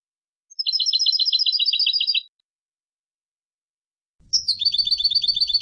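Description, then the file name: European goldfinch giving rapid twittering trills of high, evenly spaced notes, one lasting nearly two seconds, a second starting after a pause with faint low rumble beneath. "Carduelis carduelis"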